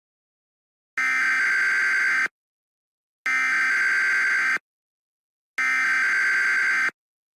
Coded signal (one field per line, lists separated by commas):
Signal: Emergency Alert System (SAME) tones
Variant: header bursts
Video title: EAS scenario #1: The Blood Moon